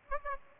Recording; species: mosquito wingbeat signal from an infrared sensor; Aedes aegypti